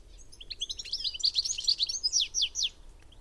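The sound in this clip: Bird chirping: a rapid, irregular series of high, sharp chirps and short downslurred notes.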